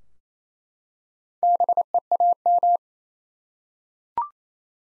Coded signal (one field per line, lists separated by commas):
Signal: Morse code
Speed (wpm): 27 wpm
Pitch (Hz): 700 Hz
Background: none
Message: BEAM